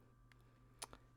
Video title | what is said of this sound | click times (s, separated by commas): TUTO CASQUE HYPERX CLOUD ALPHA (le micro ne fonctionne pas bien / pas) #Tuto | Il faut vraiment que ce soit bien enfoncé, qu'on entende un petit clic. | 0.8 s